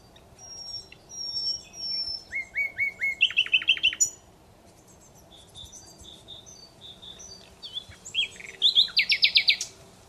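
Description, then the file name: Common Nightingale song opening with slow, evenly spaced whistles, then a run of repeated rising notes, a stretch of soft ticking, and a loud fast trill at the end. "Luscinia megarhynchos"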